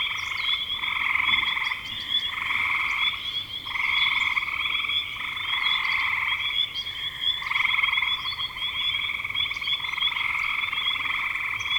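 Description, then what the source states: Frog chorus with pulsed croaking trills in repeated bursts and short pauses, plus a thin continuous high whine and scattered faint clicks. Recorded in spring 2025.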